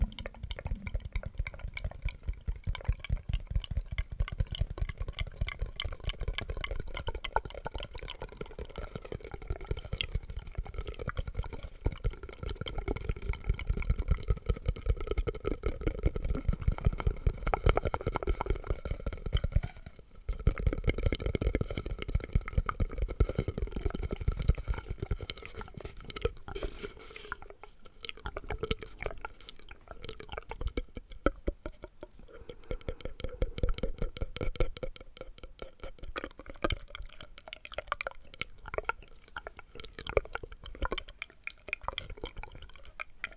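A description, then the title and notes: Wet mouth sounds: rapid clicks, smacks and moist pops follow one another densely for the whole stretch. A soft low hum sits underneath. The sounds thin out briefly around twenty seconds and again near the half-minute, then return just as busy. ASMR Mouth Sounds & Visuals Hand Movements.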